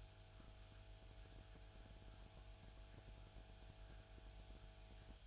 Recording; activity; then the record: daily activity, microphone in the room; make coffee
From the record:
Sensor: 2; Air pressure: 1001.9 hPa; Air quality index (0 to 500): 248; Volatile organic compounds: 39 ppm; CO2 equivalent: 3131 ppm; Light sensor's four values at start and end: 8/27/10/10 and 8/27/10/10